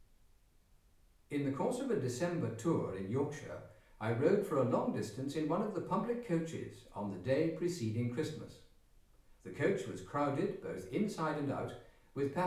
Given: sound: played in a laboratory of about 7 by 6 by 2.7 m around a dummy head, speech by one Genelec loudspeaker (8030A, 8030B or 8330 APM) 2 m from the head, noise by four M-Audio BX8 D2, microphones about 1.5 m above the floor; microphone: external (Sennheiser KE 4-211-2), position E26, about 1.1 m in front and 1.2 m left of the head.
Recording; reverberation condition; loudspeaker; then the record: male speech in English; medium; behind (180 degrees)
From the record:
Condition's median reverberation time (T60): about 510 ms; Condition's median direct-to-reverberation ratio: about -0.5 dB